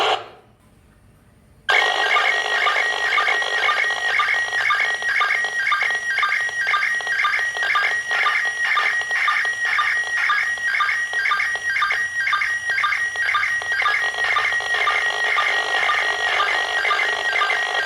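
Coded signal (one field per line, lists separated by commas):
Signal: SSTV (slow-scan television)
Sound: warbling image tone with a sync blip about twice a second, buried in hiss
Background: radio static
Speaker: even with this very limited setup a part of the image could be seen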